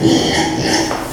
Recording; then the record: squeal of a Yucatan mini pig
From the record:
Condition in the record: before surgery on the right vocal fold (resection and tissue-engineered implant); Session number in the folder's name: 2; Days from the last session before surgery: 0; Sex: male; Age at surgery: 12 weeks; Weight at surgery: 13 kg